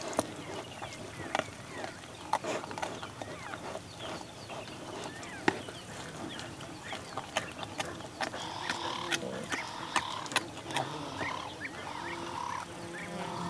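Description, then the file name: Cheetah eating, with scattered crunching clicks and bites. Cheetah eating and chewing, recorded close. "Digiffects Sound Effects Library - Close Cheetah Eating and Chewing"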